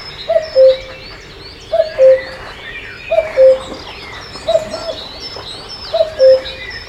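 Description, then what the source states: Cuckoo giving a steady falling two-note cu-coo, five calls about every 1.4 seconds, faint twitters of other birds behind. At a lake.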